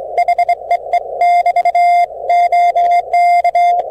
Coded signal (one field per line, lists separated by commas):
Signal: Morse code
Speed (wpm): 24 wpm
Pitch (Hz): 700 Hz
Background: none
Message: HEE <BT> OK